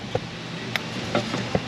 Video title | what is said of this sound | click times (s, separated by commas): No wonder it Misfired! P0300 2000 Silverado 1500 5.3 | let's snap it onto the coil. | 0.8 s